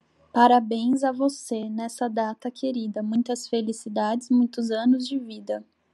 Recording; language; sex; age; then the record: short text; Brazilian Portuguese; female; 20 to 29 years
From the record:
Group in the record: control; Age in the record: 24 years